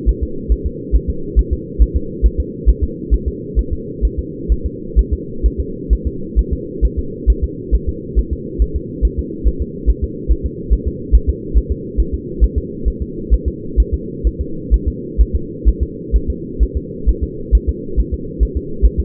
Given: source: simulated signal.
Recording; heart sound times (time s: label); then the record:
fetal heart sounds
0.09 s: S1
0.23 s: S2
0.52 s: S1
0.66 s: S2
0.95 s: S1
1.10 s: S2
1.39 s: S1
1.53 s: S2
1.82 s: S1
1.96 s: S2
2.26 s: S1
2.40 s: S2
2.69 s: S1
2.84 s: S2
3.14 s: S1
3.28 s: S2
3.59 s: S1
3.73 s: S2
4.05 s: S1
4.19 s: S2
4.52 s: S1
4.66 s: S2
4.99 s: S1
5.13 s: S2
5.46 s: S1
5.60 s: S2
5.93 s: S1
6.07 s: S2
6.39 s: S1
6.53 s: S2
6.85 s: S1
6.99 s: S2
7.30 s: S1
7.44 s: S2
7.75 s: S1
7.89 s: S2
8.19 s: S1
8.33 s: S2
8.62 s: S1
8.76 s: S2
9.05 s: S1
9.19 s: S2
9.47 s: S1
9.62 s: S2
9.89 s: S1
10.04 s: S2
10.31 s: S1
10.46 s: S2
10.73 s: S1
10.88 s: S2
11.15 s: S1
11.30 s: S2
11.57 s: S1
11.72 s: S2
12.00 s: S1
12.14 s: S2
12.44 s: S1
12.58 s: S2
12.88 s: S1
13.02 s: S2
13.34 s: S1
13.48 s: S2
13.80 s: S1
13.94 s: S2
14.27 s: S1
14.41 s: S2
14.74 s: S1
14.88 s: S2
15.21 s: S1
15.36 s: S2
15.68 s: S1
15.83 s: S2
16.16 s: S1
16.30 s: S2
16.63 s: S1
16.77 s: S2
17.09 s: S1
17.23 s: S2
17.55 s: S1
17.69 s: S2
18.00 s: S1
18.14 s: S2
18.43 s: S1
18.57 s: S2
18.85 s: S1
19.00 s: S2
From the record:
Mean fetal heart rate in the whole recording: 135 bpm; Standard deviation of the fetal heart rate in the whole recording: 3 bpm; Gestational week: 34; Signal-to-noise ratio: -4.3 dB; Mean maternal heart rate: 72 bpm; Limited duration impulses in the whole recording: absent